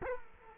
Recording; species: mosquito wingbeat signal from an infrared sensor; Culex quinquefasciatus